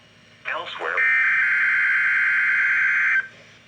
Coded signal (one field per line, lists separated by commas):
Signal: Emergency Alert System (SAME) tones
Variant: header bursts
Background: speech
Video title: EAS RWT NOAA WEATHER RADIO